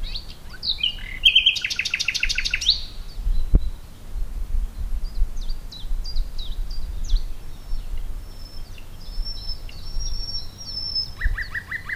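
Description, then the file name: Common nightingale giving a loud rattling phrase early on, then quieter chirping notes, a long thin whistle, and a brief trill near the end. "Luscinia megarhynchos"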